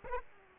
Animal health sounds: mosquito wingbeat signal from an infrared sensor; Aedes aegypti

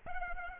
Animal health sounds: mosquito wingbeat signal from an infrared sensor; Aedes aegypti

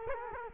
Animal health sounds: mosquito wingbeat signal from an infrared sensor; Culex quinquefasciatus

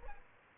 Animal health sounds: mosquito wingbeat signal from an infrared sensor; Aedes albopictus

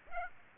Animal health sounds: mosquito wingbeat signal from an infrared sensor; Aedes aegypti

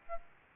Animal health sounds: mosquito wingbeat signal from an infrared sensor; Aedes albopictus

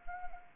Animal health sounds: mosquito wingbeat signal from an infrared sensor; Anopheles arabiensis

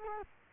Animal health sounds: mosquito wingbeat signal from an infrared sensor; Culex quinquefasciatus

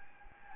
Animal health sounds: mosquito wingbeat signal from an infrared sensor; Anopheles gambiae

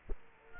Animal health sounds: mosquito wingbeat signal from an infrared sensor; Culex quinquefasciatus

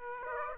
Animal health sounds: mosquito wingbeat signal from an infrared sensor; Aedes aegypti

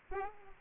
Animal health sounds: mosquito wingbeat signal from an infrared sensor; Aedes albopictus

